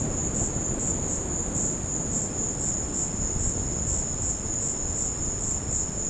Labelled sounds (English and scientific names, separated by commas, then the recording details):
none
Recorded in secondary vegetation near Puerto Asís, Putumayo, Colombia, on 13 March 2025 at 16:00
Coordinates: 0.481, -76.318
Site G097